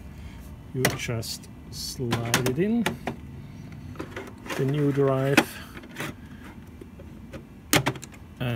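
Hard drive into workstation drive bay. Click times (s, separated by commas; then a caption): 7.7 s. A new hard drive is slid into the tool-less drive bay of an HP Z800 workstation while someone talks, with soft sliding and handling taps. At 7.7 s the lever mechanism locks the drive in place with a sharp click, and the drive is seated.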